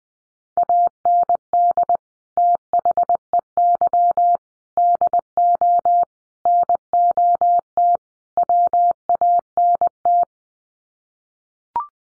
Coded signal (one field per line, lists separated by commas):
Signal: Morse code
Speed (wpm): 20 wpm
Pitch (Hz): 700 Hz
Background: none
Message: AND THEY DO NOT WANT